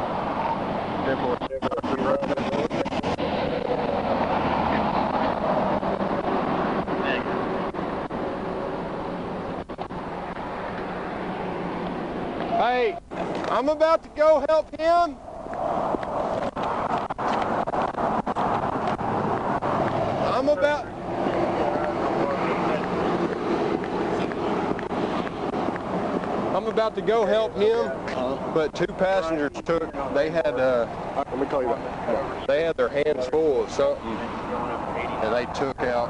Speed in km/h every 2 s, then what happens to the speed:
0, 0, 0, 0, 0, 0, 0, 0, 0, 0, 0, 0, 0, 0, 0, 0, 0, 0.
0-36 standing.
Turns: none.